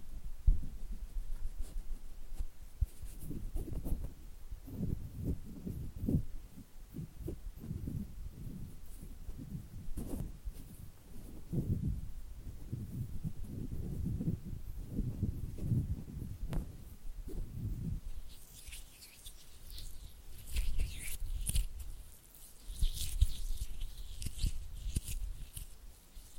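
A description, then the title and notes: Soft hand sounds: irregular low thumps and fluttering pats, some in quick clusters, run steadily through the clip. From about eighteen seconds a bright, airy rustle joins in over the muffled patting, and a brief quieter gap comes near twenty-two seconds. ASMR Oily Hand and Flutter Finger Sounds (No Talking).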